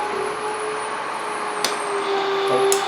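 A plastic electrical connector on the engine wiring harness of a 2007-2011 Toyota Corolla, during valve cover gasket replacement, is pushed home onto a sensor/coil socket over a steady background hum with faint tones. Two short, sharp clicks ring out at 1.7 s and 2.7 s as it snaps on and locks in place.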